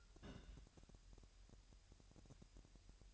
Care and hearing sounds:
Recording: daily activity, microphone in the room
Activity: place on stove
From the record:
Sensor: 2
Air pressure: 1001.8 hPa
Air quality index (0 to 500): 245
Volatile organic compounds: 34 ppm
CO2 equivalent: 3040 ppm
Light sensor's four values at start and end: 5/11/4/5 and 5/11/4/5

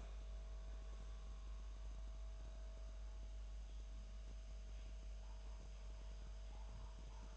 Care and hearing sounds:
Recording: daily activity, microphone in the room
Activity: make coffee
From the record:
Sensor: 2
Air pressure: 1009.3 hPa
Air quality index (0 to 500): 187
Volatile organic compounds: 11 ppm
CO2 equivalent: 2323 ppm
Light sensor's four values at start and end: 23/58/24/27 and 23/58/24/27

